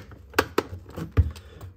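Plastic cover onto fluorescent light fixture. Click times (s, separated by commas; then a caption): 0.4 s, 0.6 s. A plastic diffuser cover is pressed onto a Lampi Utility 15-watt preheat fluorescent light fixture and snaps back into place. Two sharp plastic clicks are heard at 0.4 and 0.6 seconds, followed by a softer thump near 1.2 seconds. The cover is seated.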